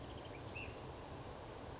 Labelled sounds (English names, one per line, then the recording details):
Ash-throated Flycatcher
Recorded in Sonoma County, California